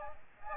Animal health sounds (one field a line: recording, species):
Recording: mosquito wingbeat signal from an infrared sensor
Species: Aedes aegypti